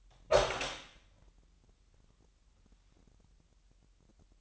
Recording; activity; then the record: daily activity, microphone in the room; open door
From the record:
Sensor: 3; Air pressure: 998.4 hPa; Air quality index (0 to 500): 142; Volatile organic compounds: 4 ppm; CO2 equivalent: 1698 ppm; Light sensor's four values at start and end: 16/45/18/17 and 16/45/18/17